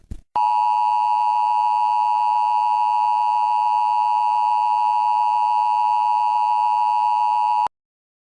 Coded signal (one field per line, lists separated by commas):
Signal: Emergency Alert System (SAME) tones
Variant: 853 and 960 Hz attention tone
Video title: Among The Walking Dead - EAS Zombie Scenario